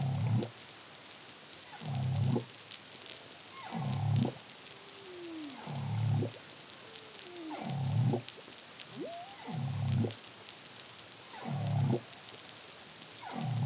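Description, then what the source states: Humpback whale song of regular deep grunts roughly every two seconds, with occasional descending and rising moans woven between, over steady crackling sea noise. Song, recorded in the Caribbean (CARIMAM project) in 2023.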